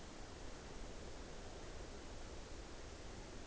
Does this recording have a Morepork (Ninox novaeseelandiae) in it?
no